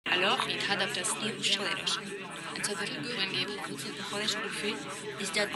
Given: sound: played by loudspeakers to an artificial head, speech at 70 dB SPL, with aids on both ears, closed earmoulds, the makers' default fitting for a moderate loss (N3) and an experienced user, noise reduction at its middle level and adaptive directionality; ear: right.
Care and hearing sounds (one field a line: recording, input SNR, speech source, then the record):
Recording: speech test signal (ISTS) in cocktail-party noise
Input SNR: -6 dB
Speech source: on the right (90 degrees)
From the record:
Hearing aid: class 1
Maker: E